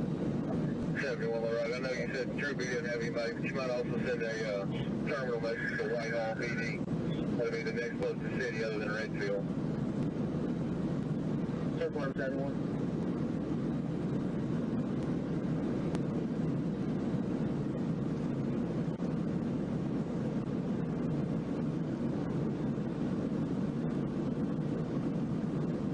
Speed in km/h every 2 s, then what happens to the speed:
241, 241, 241, 241, 241, 241, 241, 241, 241, 241, 241, 241, 241.
0-26 steady at about 241.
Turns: none.